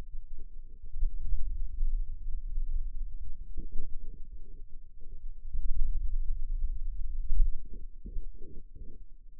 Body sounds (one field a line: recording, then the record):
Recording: forearm muscle sounds (acoustic myography)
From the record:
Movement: hand opening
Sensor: system 2, bracelet of six BSWA MPA416 microphones around the upper forearm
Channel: 6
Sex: male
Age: 22 years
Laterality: right